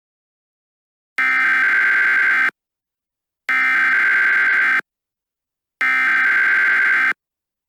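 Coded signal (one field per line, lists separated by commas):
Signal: Emergency Alert System (SAME) tones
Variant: header bursts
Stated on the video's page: Fictional EAS scenario about a runaway train.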